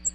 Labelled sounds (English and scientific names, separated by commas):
American Redstart (Setophaga ruticilla) flight call